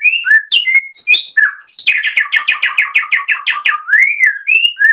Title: Kicau Kacer